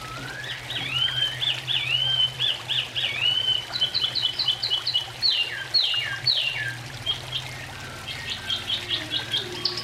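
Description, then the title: Oriental magpie-robin song of rolling warbled whistles followed by rapid repeated chirps and notes, over a low steady hum. "Kicau Kacer"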